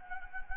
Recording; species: mosquito wingbeat signal from an infrared sensor; Anopheles gambiae